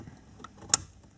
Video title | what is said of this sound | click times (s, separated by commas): How to Remove Coin & Card Tray COMPLETE GUIDE - Audi A4 S4 RS4 - B6 B7 (2001-2008) | and listen for the uh for the click | 0.7 s